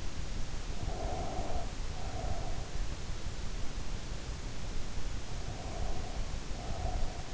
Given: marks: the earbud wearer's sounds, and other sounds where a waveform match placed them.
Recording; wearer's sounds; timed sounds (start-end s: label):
sounds in sleep by an in-ear microphone; breath
0.71-2.91 s: breath
5.23-7.28 s: breath